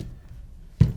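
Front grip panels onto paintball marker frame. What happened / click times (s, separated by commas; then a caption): Grip panels handled, not yet snapped home / none. Front grip panels are laid over the frame of a Planet Eclipse Geo CS1 paintball marker and pressed on, with faint handling noise before a sharp, low thunk near 0.8 s. Nothing has seated or snapped into place yet.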